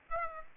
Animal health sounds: mosquito wingbeat signal from an infrared sensor; Aedes aegypti

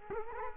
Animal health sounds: mosquito wingbeat signal from an infrared sensor; Culex quinquefasciatus

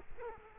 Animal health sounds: mosquito wingbeat signal from an infrared sensor; Culex quinquefasciatus

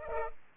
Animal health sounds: mosquito wingbeat signal from an infrared sensor; Culex pipiens

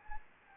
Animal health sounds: mosquito wingbeat signal from an infrared sensor; Anopheles gambiae

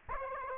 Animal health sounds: mosquito wingbeat signal from an infrared sensor; Aedes aegypti

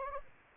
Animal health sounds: mosquito wingbeat signal from an infrared sensor; Anopheles gambiae

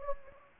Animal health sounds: mosquito wingbeat signal from an infrared sensor; Anopheles gambiae

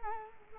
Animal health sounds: mosquito wingbeat signal from an infrared sensor; Culex quinquefasciatus

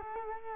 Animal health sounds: mosquito wingbeat signal from an infrared sensor; Culex quinquefasciatus

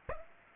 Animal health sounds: mosquito wingbeat signal from an infrared sensor; Aedes aegypti

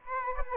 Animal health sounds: mosquito wingbeat signal from an infrared sensor; Aedes aegypti

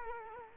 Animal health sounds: mosquito wingbeat signal from an infrared sensor; Culex quinquefasciatus

